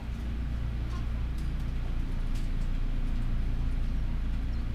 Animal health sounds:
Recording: poultry house recording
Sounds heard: healthy chickens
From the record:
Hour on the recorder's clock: 12

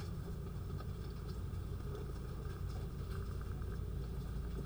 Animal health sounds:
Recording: poultry house recording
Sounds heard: sick chickens (respiratory disease)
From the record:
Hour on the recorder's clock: 19

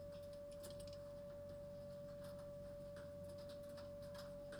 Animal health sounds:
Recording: poultry house recording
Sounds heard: no chicken sound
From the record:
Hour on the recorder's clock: 23

